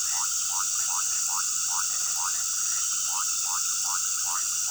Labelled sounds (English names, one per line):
none